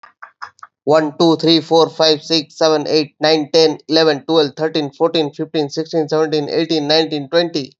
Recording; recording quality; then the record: counting at a fast pace; excellent, no background noise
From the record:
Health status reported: healthy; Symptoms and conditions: fever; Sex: male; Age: 32 years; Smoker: yes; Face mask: not worn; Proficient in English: yes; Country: India